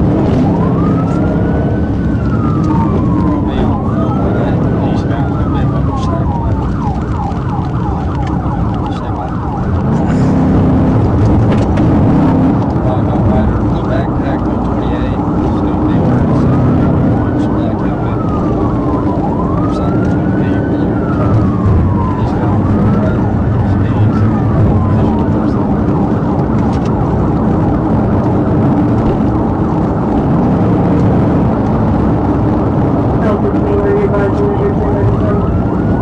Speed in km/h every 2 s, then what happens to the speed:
129, 129, 122, 114, 113, 121, 114, 109, 118, 116, 118, 121, 126, 127, 127, 134, 137, 134.
3-5 brakes to 114. 11-14 brakes to 109. 14-31 speeds up to 137.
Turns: none.